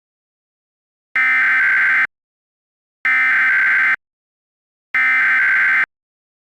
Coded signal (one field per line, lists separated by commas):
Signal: Emergency Alert System (SAME) tones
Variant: header bursts